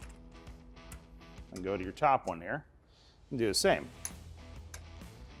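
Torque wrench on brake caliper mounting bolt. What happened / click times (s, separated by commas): Torque wrench clicks at setting / 4.7 s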